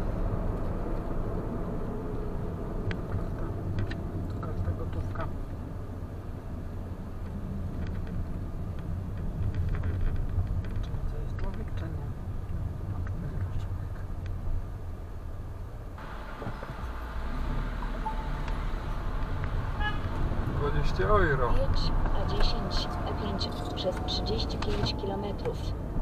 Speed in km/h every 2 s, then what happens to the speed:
53, 42, 30, 24, 19, 14, 0, 0, 0, 10, 18, 25, 33.
0-13 brakes to 0. 13-16 standing. 16-26 pulls away to 33.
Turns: none.